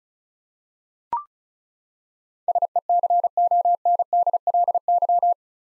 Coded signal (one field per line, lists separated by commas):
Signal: Morse code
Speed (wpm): 34 wpm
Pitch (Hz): 700 Hz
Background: none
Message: SECONDLY